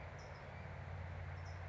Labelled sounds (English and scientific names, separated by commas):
California Towhee (Melozone crissalis)